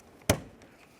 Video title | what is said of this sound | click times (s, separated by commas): How to Replace Left Front Interior Door Handle 2012-2018 Nissan Altima | press it in listen for a click try to tug it out of there we want to make sure that it cannot fall out | 0.3 s